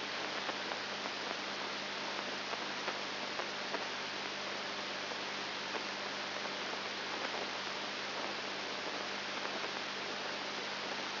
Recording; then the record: brain microelectrode recording played as sound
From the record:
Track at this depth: outside the subthalamic nucleus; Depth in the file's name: 8.5 mm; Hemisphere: left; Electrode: 3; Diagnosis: Parkinson's disease